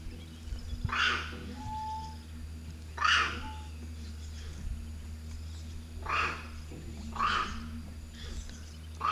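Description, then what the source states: Monkey uttering rough, coughing barks at irregular intervals of one to three seconds, with a constant low hum underneath. Angry monkey.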